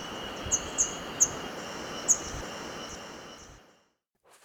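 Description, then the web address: Vermilion tanager giving thin, very high tsit notes, four spaced over about two seconds, above a steady hiss of background noise that cuts out near the end. Ecuador. "Natures Songs S America Birds of Ecuador Vermilion Tanager"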